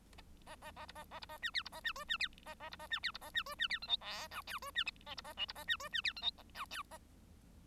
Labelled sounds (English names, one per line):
Bengalese Finch song